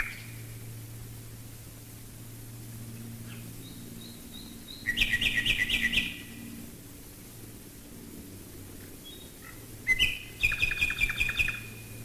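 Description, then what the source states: Common nightingale song: a long quiet stretch, then bursts of rapid pulsed notes and a loud rattling trill, over a steady low droning of aircraft engines. Nightingales singing while bombers fly overhead, recorded in 1942.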